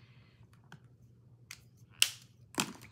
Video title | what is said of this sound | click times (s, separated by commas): Create a Simple Christmas Card Using the More Than Autumn Stamp Set | remember to hear that click so you know that they're closed completely | 2.0 s, 2.6 s